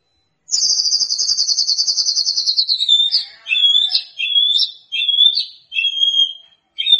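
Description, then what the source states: White-rumped shama song beginning with a long, rapid, even trill, followed by short, clipped whistled phrases repeated several times. Lure sound of a constantly singing white-rumped shama, meant to provoke a response from birds that hear it.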